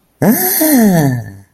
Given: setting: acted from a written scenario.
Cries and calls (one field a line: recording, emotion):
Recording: vocal sound without words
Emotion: positive surprise